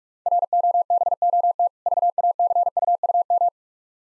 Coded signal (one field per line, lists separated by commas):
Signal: Morse code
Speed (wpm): 45 wpm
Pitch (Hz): 700 Hz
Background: none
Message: ROBOT VACUUM